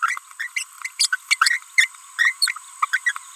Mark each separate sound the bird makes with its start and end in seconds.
0.02-0.18, 0.40-0.47, 0.56-0.63, 0.99-1.07, 1.12-1.16, 1.31-1.35, 1.41-1.58, 1.78-1.87, 2.19-2.32, 2.42-2.52, 2.82-2.85, 2.93-2.98, 3.06-3.12